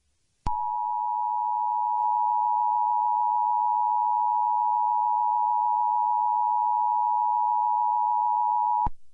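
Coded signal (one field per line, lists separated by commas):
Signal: Emergency Alert System (SAME) tones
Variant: 853 and 960 Hz attention tone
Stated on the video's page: Fictional EAS scenario recreation.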